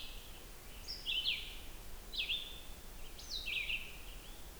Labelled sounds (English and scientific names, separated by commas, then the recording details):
Red-eyed Vireo (Vireo olivaceus) song
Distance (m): 25 m
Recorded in boreal forest in Alberta, Canada, on 16 June 2016 at 08:41
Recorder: SongMeter 3, array SBT-3-32
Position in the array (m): 44 m, 16 m